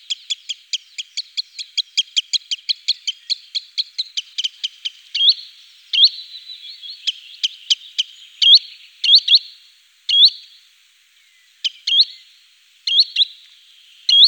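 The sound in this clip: Green sandpiper starting with a rapid series of dry ticking notes, then switching to loud, upslurred whistles spaced a second or two apart.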